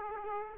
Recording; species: mosquito wingbeat signal from an infrared sensor; Aedes aegypti